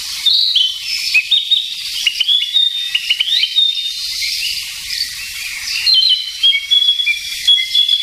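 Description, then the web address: Narcissus flycatcher: rapid slurred whistles and chirps, then sustained clear whistled notes near the end, over a soft high hiss. "sikioto. kibitaki"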